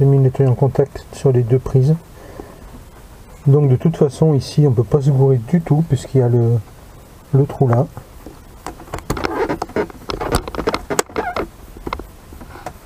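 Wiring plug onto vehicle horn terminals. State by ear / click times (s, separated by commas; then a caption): not seated / none. A wiring plug is pushed onto the terminals of a horn on a VW LT 28 during reassembly after cleaning. Someone talks, then a run of sharp plastic-and-metal handling taps is heard between about 9.3 and 11.0 seconds. Nothing has seated or clicked yet.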